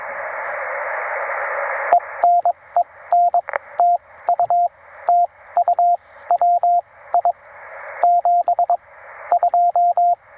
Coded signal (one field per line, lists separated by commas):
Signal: Morse code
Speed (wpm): 21 wpm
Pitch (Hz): 690 Hz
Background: radio noise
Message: EN EN TU TU WI 72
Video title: Minimal Antenna for Maximum Results: POTA with Two 31’ Wires at Carolina Beach State Park!